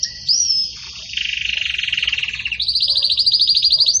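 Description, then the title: Belgian canary song: a brief high whistled slur, then a fast buzzy trill held low, switching at about two and a half seconds to a higher rattling trill. Pure Belgian canary song in the "campainha" style, with pauses between phrases, intended for training birds. "Canto Canário Belga Campainha Puro Com Pausa Para Treinamento"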